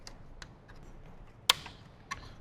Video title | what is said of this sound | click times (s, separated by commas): Toyota 4Runner JVC KW-V960BW (CD Player) Installation - 2010 - 2024 Toyota 4Runner | So you should hear a nice audible click for when that's in and it will attach | 1.5 s